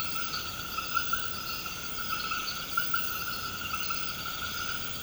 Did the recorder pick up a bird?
no